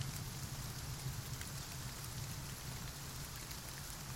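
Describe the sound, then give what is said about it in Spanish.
Steady rain beats against window panes, a dense, continuous patter and hiss with a soft low rumble underneath, holding an even loudness throughout with no voices. “La lluvia golpeaba contra los cristales.”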